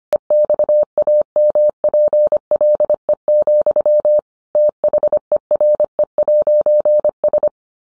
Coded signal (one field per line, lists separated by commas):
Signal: Morse code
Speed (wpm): 25 wpm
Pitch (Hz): 600 Hz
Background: none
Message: EXAMPLE, THERE'S